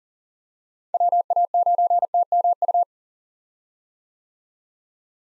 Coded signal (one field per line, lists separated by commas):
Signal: Morse code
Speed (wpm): 40 wpm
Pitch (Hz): 700 Hz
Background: none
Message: WA9TMU